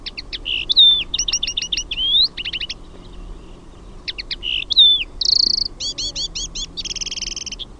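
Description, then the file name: Common linnet singing a lively, varied phrase of fast repeated chirps and slurred whistles, pausing briefly before another burst. "HEMPPO"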